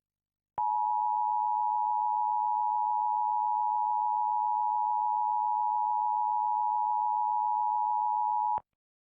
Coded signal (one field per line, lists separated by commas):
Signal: Emergency Alert System (SAME) tones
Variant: 853 and 960 Hz attention tone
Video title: EAS Scenario / Analog Horror: The Pale One